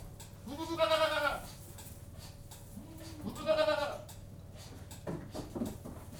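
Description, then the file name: Domestic goat giving two quavering bleats about two and a half seconds apart, then a shorter rougher call, with a constant low machine hum underneath. Domestic goats in a goat-house, with a milking machine running in the background. "General atmosphere in goat-house, with milking machine in background"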